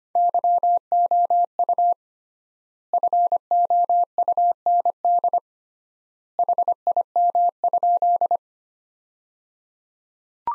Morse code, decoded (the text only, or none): YOU FOUND HIM?